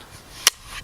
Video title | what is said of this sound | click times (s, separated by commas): Best AK74 On The Market? -ASTKilo23- | fold it over, and it will click into place very easily. Does not wobble whatsoever. | 0.5 s